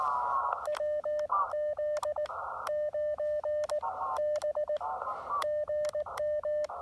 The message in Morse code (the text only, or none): WZ9B GM